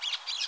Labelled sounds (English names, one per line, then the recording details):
Brown-throated Parakeet contact call
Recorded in Curacao
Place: along powerline, near entrance of Santa Barbara resort
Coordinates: 12.068, -68.844